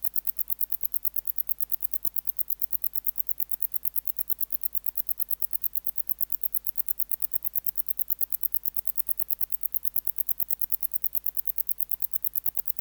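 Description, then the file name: Wart-biter song: a steady train of sharp, high-pitched ticks, running evenly throughout over a faint low hum. "Decticus verrucivorus"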